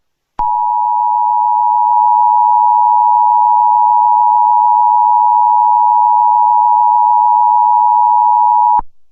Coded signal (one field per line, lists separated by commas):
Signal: Emergency Alert System (SAME) tones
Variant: 853 and 960 Hz attention tone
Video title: EAS Mock - Rage Justin